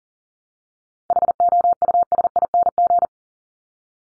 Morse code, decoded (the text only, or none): HOUSING